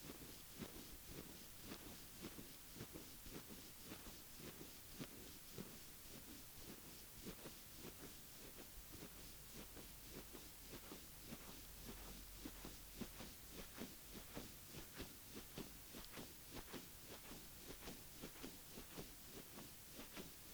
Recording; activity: daily activity, guitar pickup as the sensor; brush teeth